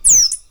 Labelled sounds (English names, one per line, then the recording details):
Stitchbird song
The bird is a male
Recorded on Tiritiri Matangi Island, New Zealand, in 2005
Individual 7, of nest box 9